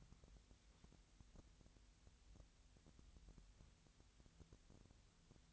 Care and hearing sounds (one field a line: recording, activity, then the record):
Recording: daily activity, microphone in the room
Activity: wipe stove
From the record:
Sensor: 3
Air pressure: 1001.6 hPa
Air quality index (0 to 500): 222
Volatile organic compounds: 29 ppm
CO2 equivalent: 2946 ppm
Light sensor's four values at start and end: 11/33/14/12 and 11/33/14/12